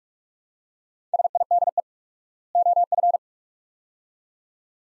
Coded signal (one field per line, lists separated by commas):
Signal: Morse code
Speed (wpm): 42 wpm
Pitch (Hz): 700 Hz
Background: none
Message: SIDE OF